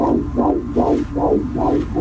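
Fetal heartbeat heard by Doppler ultrasound, about three months into a first pregnancy.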